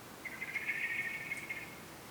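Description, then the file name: Common blackbird giving one sustained, grating, buzzy call of about one and a half seconds that wavers slightly in loudness. "Turdus merula"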